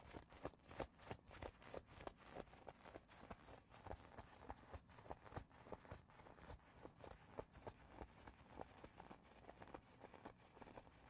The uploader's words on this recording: ASMR progressive soft to hard triggers // tapping and scratching // fast and aggressive.